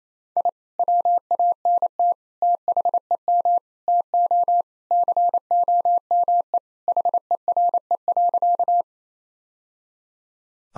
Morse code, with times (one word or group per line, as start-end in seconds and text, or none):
0.4-0.5 I
0.8-2.1 WANT
2.4-3.6 THEM
3.9-4.6 TO
4.9-6.6 COME
6.9-8.8 HERE.